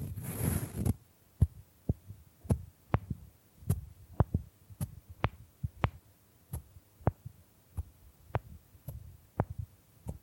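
After a brief opening scratch or brush, sharp bamboo taps ring out steadily about twice per second, each a crisp click with a low knock.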